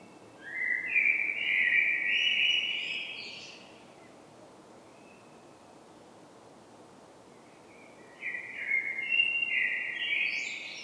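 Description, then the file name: Common blackbird song with two smooth, flute-like warbled phrases separated by a pause of about four seconds. "Turdus merula"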